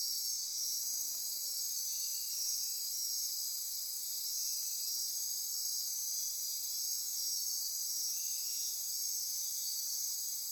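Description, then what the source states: Insect chorus, a constant high-pitched ringing buzz with occasional softer buzzy bursts within it. Insect chorus at midnight near Corcovado.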